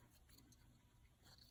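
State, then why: Not seated. A removed part is slid back into a Kershaw Aftereffect folding knife, producing quiet handling and scraping with a small sharp tick at 0.4 s and faint rustling throughout. Nothing has seated or clicked into place yet.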